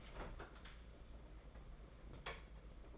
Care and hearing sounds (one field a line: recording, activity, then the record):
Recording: daily activity, microphone in the room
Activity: open fridge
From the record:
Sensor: 5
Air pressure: 992.0 hPa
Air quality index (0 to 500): 198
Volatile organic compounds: 1000 ppm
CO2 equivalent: 5714 ppm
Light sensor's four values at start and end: 26/87/32/35 and 27/88/33/36